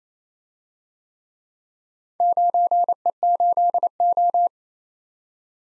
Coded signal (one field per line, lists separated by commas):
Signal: Morse code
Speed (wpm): 31 wpm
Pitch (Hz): 700 Hz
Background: none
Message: 9E8O